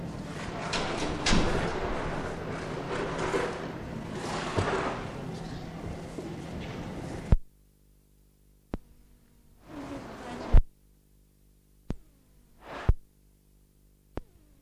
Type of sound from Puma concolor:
call